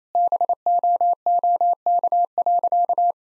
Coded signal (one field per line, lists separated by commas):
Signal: Morse code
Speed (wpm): 28 wpm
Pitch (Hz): 700 Hz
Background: none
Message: BOOK.